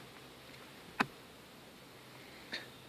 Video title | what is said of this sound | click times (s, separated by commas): Mustang Seat Lever Replacement | solid click good | 1.0 s